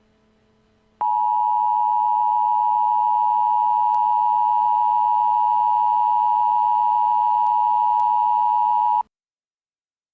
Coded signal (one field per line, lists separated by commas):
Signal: Emergency Alert System (SAME) tones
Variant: 853 and 960 Hz attention tone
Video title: The Silence Above An EAS Scenario #1